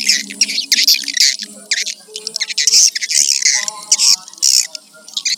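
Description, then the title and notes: Swiftlet calls, loud high twittering and harsh chirps in uneven bursts, with faint low tonal background noise. Used for swiftlet farming in Asia. "Swiflet Bird Sound. Farming Swiflet Bird asia sound"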